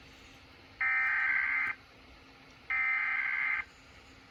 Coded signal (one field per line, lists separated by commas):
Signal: Emergency Alert System (SAME) tones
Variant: header bursts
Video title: EAS 853 - Tennessee mocking Tennessee RMT